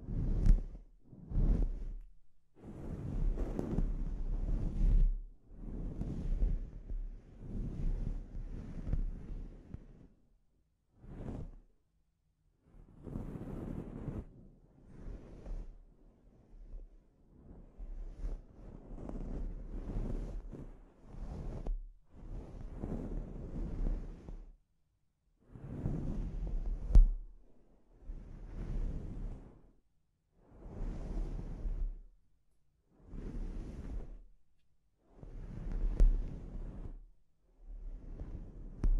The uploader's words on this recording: ASMR Sleep Inducing Scalp Treatment (No Talking).